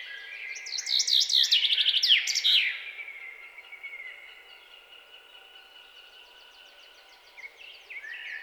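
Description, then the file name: Common chaffinch song: a fast, loud series of chirped notes over about two seconds, ending in a sharp flourish, followed by fainter drawn-out whistles. "Fringilla coelebs"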